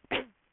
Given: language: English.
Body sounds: throat vibration sensor signal played as sound; cough

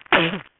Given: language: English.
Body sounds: throat vibration sensor signal played as sound; cough

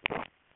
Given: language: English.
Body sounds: throat vibration sensor signal played as sound; swallow

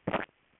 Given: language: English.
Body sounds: throat vibration sensor signal played as sound; swallow

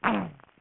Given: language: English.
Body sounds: throat vibration sensor signal played as sound; throat clearing

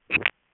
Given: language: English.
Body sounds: throat vibration sensor signal played as sound; swallow

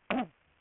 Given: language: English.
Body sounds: throat vibration sensor signal played as sound; cough

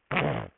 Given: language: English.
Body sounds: throat vibration sensor signal played as sound; throat clearing

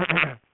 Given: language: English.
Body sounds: throat vibration sensor signal played as sound; throat clearing

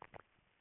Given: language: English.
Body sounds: throat vibration sensor signal played as sound; swallow

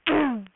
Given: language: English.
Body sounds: throat vibration sensor signal played as sound; throat clearing

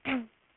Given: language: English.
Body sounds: throat vibration sensor signal played as sound; throat clearing

